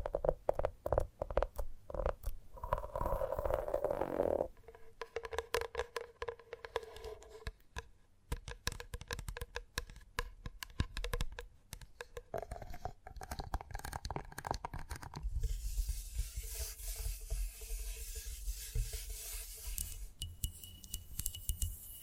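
Gentle tapping comes in quick, irregular clusters of sharp clicks, with a soft hum in the first seconds and a steadier hiss after fifteen seconds.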